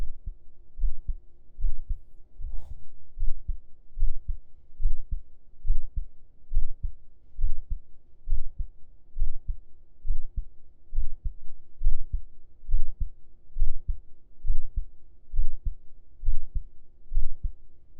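Steady, deep, muffled thumps at about 68 beats a minute, each beat a soft lub-dub pair, heard with the ear laid on an adult's chest under the shirt. A faint low hum runs underneath, and a single brief rustle or click occurs early on.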